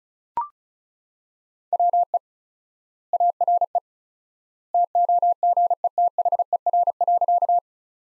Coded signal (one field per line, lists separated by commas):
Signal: Morse code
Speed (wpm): 34 wpm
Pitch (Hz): 700 Hz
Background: none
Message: WE ARE TOGETHER.